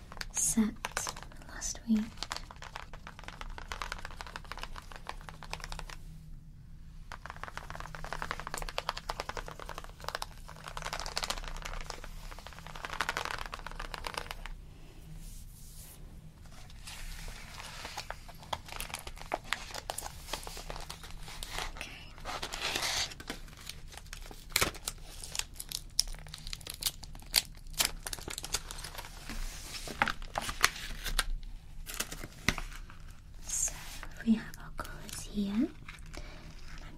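Colouring pencil sounds: a continuous, dense scratching and rubbing with quick irregular strokes, some brief pauses near 6 and 14 seconds. Short louder taps and crinkling clicks pop up throughout, and a faint low hum runs underneath.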